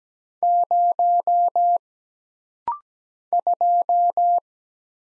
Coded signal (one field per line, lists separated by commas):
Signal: Morse code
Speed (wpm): 17 wpm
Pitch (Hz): 700 Hz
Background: none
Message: 0 2